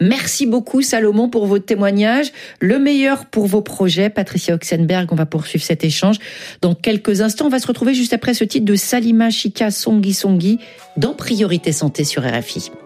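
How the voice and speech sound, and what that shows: A woman speaks fluent French in a clear, steady radio-host voice on RFI's health programme Priorité Santé, with smooth rhythm and no hesitations or strain.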